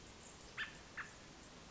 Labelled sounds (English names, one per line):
American Robin